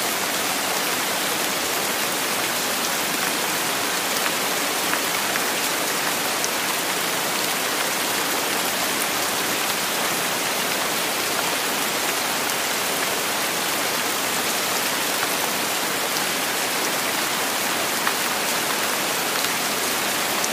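Steady tropical rain falls without pause, a dense, even hiss that fills the upper range and holds at the same loudness throughout. Faint individual drop ticks flicker through the wash, and there is almost nothing in the low end.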